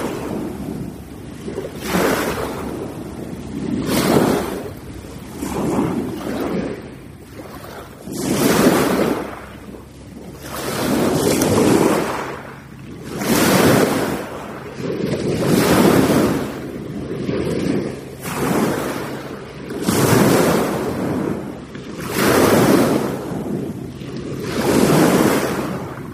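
Waves wash onto a beach at dusk, breaking in a steady rhythm roughly every two to three seconds, each surge rising into a full hiss before drawing back. A low rumble of surf and some wind buffeting the microphone run underneath throughout.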